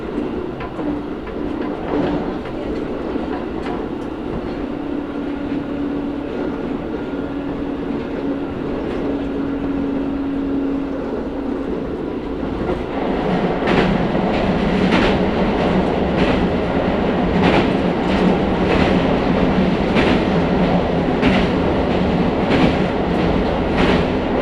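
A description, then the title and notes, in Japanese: A train rumbles steadily, growing louder around the midpoint as rhythmic wheel clacks over rail joints begin repeating roughly every second. 唐津線・長崎本線 佐賀→久保田→肥前山口。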